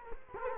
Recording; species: mosquito wingbeat signal from an infrared sensor; Culex quinquefasciatus